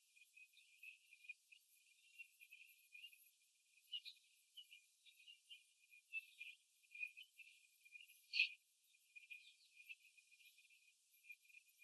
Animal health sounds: young laying hens in a cage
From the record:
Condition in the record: after the stressor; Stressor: simulated dog barking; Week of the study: 3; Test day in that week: 2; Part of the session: 4

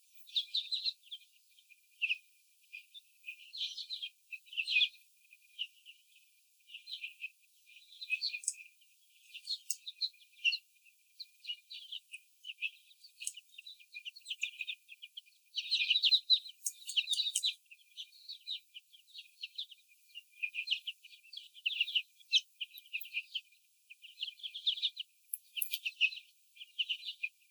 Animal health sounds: young laying hens in a cage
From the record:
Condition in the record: before the stressor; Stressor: sudden umbrella opening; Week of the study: 3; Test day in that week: 2

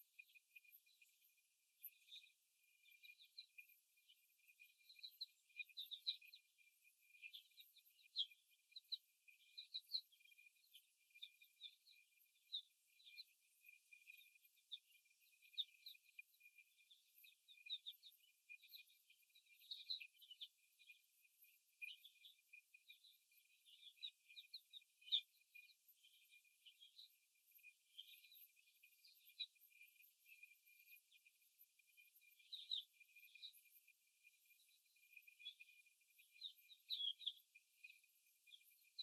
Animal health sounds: young laying hens in a cage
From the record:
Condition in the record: before the stressor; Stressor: simulated dog barking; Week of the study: 1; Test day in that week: 2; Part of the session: 4

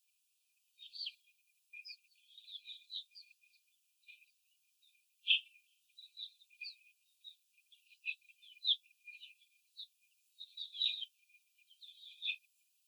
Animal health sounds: young laying hens in a cage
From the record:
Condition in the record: after the stressor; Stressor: simulated dog barking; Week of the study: 4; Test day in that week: 2

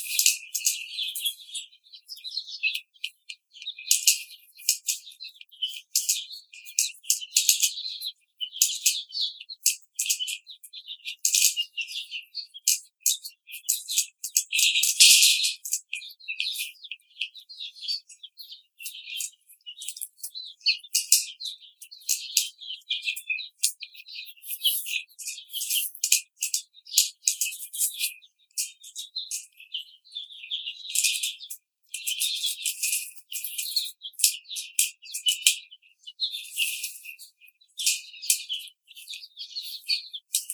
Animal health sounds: young laying hens in a cage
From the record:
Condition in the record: treatment cage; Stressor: simulated dog barking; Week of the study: 5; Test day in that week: 1

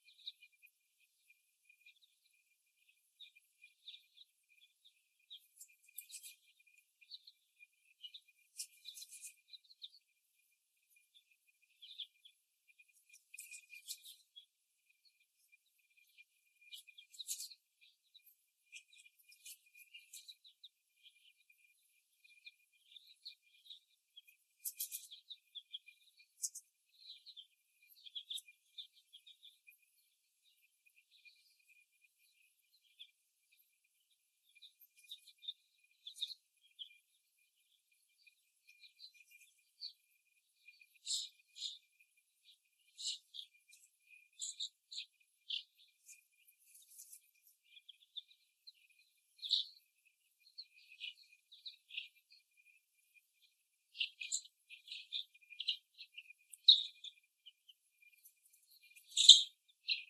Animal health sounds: young laying hens in a cage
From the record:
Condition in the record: before the stressor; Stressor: simulated dog barking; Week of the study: 1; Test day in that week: 1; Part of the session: 1

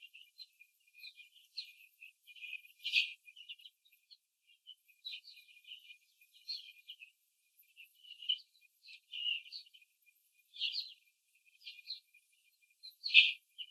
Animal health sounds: young laying hens in a cage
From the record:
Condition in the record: before the stressor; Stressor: simulated dog barking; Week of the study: 3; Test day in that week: 1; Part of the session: 2

